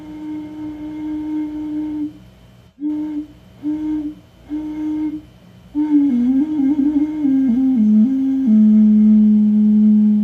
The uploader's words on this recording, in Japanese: メキシコから シンギングボウルのサウンドヒーリング。新月の真夜中のメキシコより。チベタンシンギングボウル。